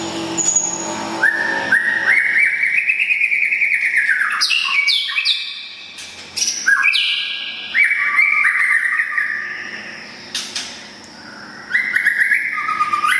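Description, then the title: Oriental magpie-robin song, a long rising-falling whistle followed by rapid varied phrases, a brief pause, then more whistles; faint background hum. "kacer"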